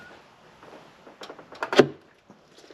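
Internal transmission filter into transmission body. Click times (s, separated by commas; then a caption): 1.6 s, 1.7 s. A new internal transmission filter is pushed up into its bore in the transmission body of an L5P fitted with a PPE deep transmission pan, with the old O-ring removed so the filter can seat correctly. Faint handling noise builds to two sharp clicks at 1.6 s and 1.7 s. The filter is seated.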